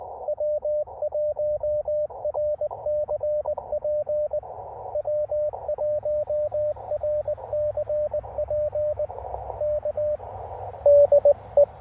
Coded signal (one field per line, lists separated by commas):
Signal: Morse code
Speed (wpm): 20 wpm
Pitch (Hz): 590 Hz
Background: radio noise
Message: W1RCP W1RCP K DE